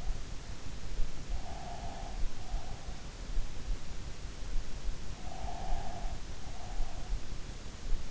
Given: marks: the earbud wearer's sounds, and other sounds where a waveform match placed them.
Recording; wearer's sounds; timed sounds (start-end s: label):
sounds in sleep by an in-ear microphone; breath
1.43-3.26 s: breath
5.23-7.56 s: breath